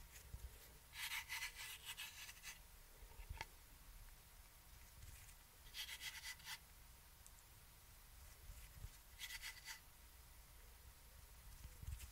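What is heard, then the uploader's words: Hand movements with scissors: three bright rubbing, rasping bursts around one, six and nine seconds, over a low steady rumble and soft handling noises. HAND MOVEMENTS, SCISSORS.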